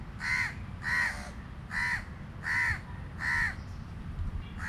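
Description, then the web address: Crow giving a series of several hoarse caws, under a second apart, against a constant low background rumble. Street in South India, 2018. "2018 South India street recordings birds. crows"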